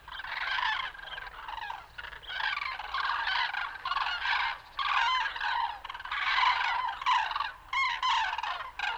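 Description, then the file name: Common crane calls, a steady mass of overlapping trumpeting from a group of birds, barely any pause throughout. "Grue-cendrée-Grus-grus"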